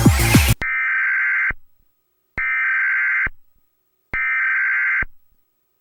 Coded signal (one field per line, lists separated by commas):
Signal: Emergency Alert System (SAME) tones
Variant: header bursts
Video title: 2021: An Deadly Spring, An EAS Scenario. #eas #capcut@EAS-kun @ftscenarios @JustDante